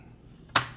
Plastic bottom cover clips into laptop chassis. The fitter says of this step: Press on it first so it'll snap